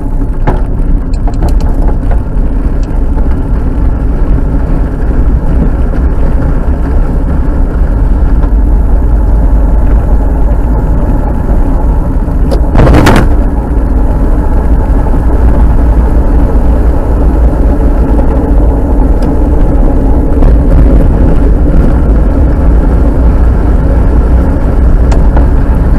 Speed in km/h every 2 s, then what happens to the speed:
17, 19, 21, 23, 25, 26, 26, 28, 27, 23, 24, 26, 28.
0-9 speeds up to 26. 9-19 steady at about 26.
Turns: 15-26.